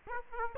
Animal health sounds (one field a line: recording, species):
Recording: mosquito wingbeat signal from an infrared sensor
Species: Aedes aegypti